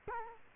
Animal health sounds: mosquito wingbeat signal from an infrared sensor; Culex quinquefasciatus

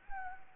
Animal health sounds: mosquito wingbeat signal from an infrared sensor; Anopheles gambiae

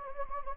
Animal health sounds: mosquito wingbeat signal from an infrared sensor; Anopheles gambiae

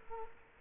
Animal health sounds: mosquito wingbeat signal from an infrared sensor; Culex quinquefasciatus

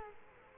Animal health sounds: mosquito wingbeat signal from an infrared sensor; Culex quinquefasciatus

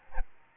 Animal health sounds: mosquito wingbeat signal from an infrared sensor; Aedes albopictus

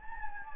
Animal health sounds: mosquito wingbeat signal from an infrared sensor; Anopheles gambiae

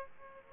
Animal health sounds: mosquito wingbeat signal from an infrared sensor; Aedes aegypti

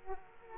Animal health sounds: mosquito wingbeat signal from an infrared sensor; Aedes aegypti

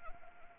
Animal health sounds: mosquito wingbeat signal from an infrared sensor; Anopheles arabiensis

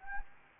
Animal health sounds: mosquito wingbeat signal from an infrared sensor; Anopheles gambiae

